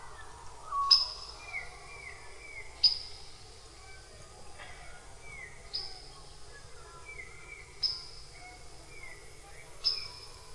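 Black-fronted dotterel calls: sharp, very high single notes every two to three seconds, with softer, lower notes between them.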